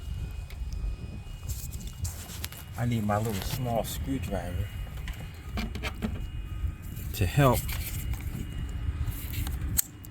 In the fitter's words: you hear the snap